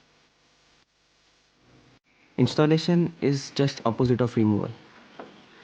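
An LED number plate light housing is lined up with its recess in a car's rear trim before being pushed home, with faint, quiet handling sounds. Someone talks from about 2.4 to 4.7 seconds. Nothing has seated or clicked yet.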